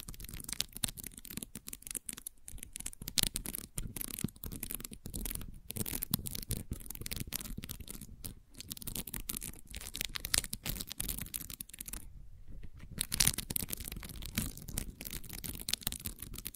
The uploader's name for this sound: ASMR Gentle Scratching